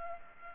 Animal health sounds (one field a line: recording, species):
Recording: mosquito wingbeat signal from an infrared sensor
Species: Culex pipiens